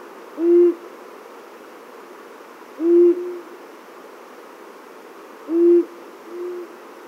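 Long-eared owl giving three low, short hoots, about two and a half seconds apart.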